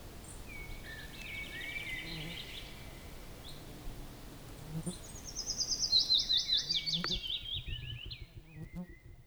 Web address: linnut pajulintu